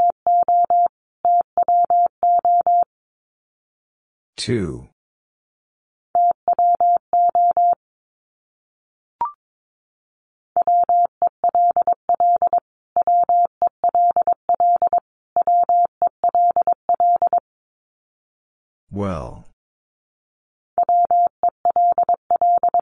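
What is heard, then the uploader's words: Morse code in a single steady mid-pitched tone, sent as fast runs of dots and dashes with short gaps between groups. Two brief, brighter sweeping bursts break in, near five seconds and again near nineteen, along with a faint click around nine seconds. First, the word is sent three times in Morse code. Finally, it is sent again in Morse code.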